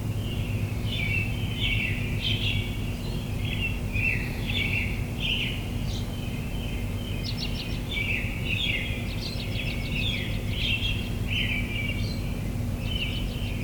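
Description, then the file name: Bird song of quick chirps and short twittering phrases, repeated almost without pause, over a steady low hum. Birds in the morning. "admiralbob 77-bird sounds in the morning"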